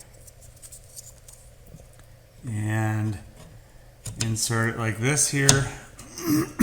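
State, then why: Not seated. A new front wiper blade for a 2023 Hyundai Tucson is picked up and positioned by hand before being fitted onto the car's wiper arm. Someone talks while faint handling taps and scrapes are heard. Nothing has seated or clicked yet.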